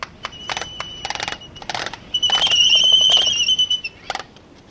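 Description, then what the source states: Laysan albatross colony: clattering rattles and clicks, then a sustained high whistled note, followed by another rattle. Breeding colony at Midway Atoll; roughly 450,000 pairs return in November to breed, nesting in winter.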